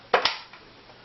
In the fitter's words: it snaps back in like so and you're